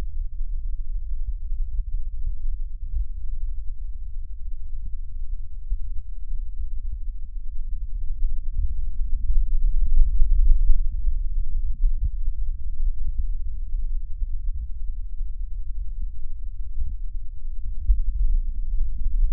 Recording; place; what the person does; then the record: lung sounds by stethoscope; right posterior basal chest; quiet breathing, then deep breathing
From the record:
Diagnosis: COPD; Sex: male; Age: 60 years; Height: 171 cm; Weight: 59.4 kg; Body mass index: 20.3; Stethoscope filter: bell mode